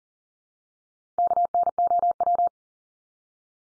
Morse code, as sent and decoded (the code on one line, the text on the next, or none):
-.- -. --- .--
KNOW